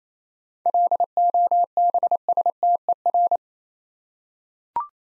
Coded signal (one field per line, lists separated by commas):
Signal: Morse code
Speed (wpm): 28 wpm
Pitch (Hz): 700 Hz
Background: none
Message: LOBSTER